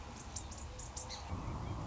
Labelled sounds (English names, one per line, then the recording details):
Song Sparrow
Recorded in Sonoma County, California